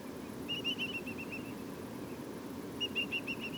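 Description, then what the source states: Whimbrel piping: two short bursts of quick whistled notes over a steady low rumble like traffic. Whimbrels giving lots of piping calls at Portland.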